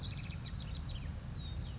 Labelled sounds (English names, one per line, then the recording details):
Bewick's Wren
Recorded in Sonoma County, California